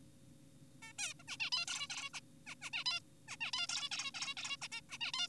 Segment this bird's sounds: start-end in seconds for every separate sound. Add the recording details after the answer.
0.82-0.93, 0.99-1.14, 1.20-1.24, 1.28-1.37, 1.40-1.50, 1.52-1.66, 1.68-1.88, 1.90-2.10, 2.14-2.20, 2.47-2.55, 2.62-2.70, 2.73-2.84, 2.86-3.00, 3.28-3.36, 3.41-3.51, 3.53-3.67, 3.69-3.89, 3.92-4.11, 4.14-4.34, 4.37-4.57, 4.62-4.68, 4.72-4.81, 4.90-4.98, 5.01-5.12, 5.14-5.28. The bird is an adult. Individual g4p5U